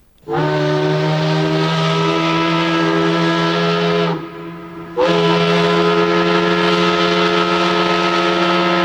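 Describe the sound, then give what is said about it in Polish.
A loud, low factory whistle in Łódź, Poland, in the early morning blows a long, steady, rich-toned blast, pauses briefly, then sounds a second sustained blast that runs on without any voices. “Pierwszy wrzaskliwy świst fabryczny rozdarł ciszę wczesnego poranku, a za nim we wszystkich stronach miasta zaczęły się zrywać coraz zgiełkliwiej inne i darły się chrapliwymi, niesfornymi głosami, niby chór potwornych kogutów,”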